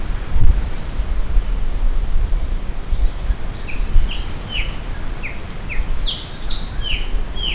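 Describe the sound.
Maratua bulbul giving quick, clipped downward chirps, few at first and then more frequent, set against a constant high insect drone and low rumble.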